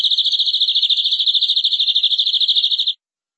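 Canary delivering a fast, even rolling trill at one high pitch for about three seconds, then stopping abruptly into silence.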